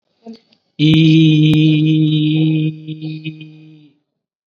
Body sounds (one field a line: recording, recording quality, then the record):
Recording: sustained vowel as in beet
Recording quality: excellent, no background noise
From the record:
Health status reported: COVID-19 positive, mild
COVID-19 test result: positive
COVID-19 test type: rapid antigen test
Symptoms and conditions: cough, fatigue, muscle pain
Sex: male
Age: 25 years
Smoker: no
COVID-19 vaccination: both doses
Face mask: worn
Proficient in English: yes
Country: India